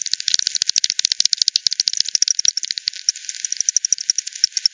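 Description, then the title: Bat echolocation calls heard as a steady rattle of loud, rapid clicks throughout, slightly irregular in spacing. Multiple bats at Hogsmill River, Hogsmill Lane, 7 October 2020 at 18:10; recorded with a frequency-division bat detector, bandpass filtered and resampled. "bat 20201007 T 18 : 10 Z-Hogsmill-Lane-Hogsmill-River-multiple-bats"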